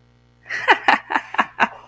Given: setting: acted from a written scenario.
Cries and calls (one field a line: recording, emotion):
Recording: vocal sound without words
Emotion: amusement